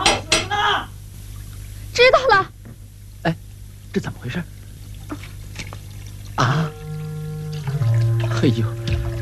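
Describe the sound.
Water runs from an open tap in a steady pour, broken by clinks of dishes, while people talk over it and a low electronic hum sounds underneath.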